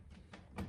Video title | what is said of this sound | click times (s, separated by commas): Audi SQ5 B9 - How To Remove Fog Light Trim Pieces | or it snaps into place. Snap into place. | 0.3 s, 0.6 s